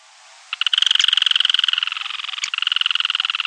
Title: LuckyPassaro Completos2Sama. Yellow-chinned Spinetail (Certhiaxis cinnamomeus)